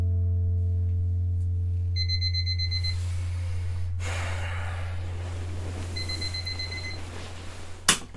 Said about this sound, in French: Le réveil a sonné à 7 heures.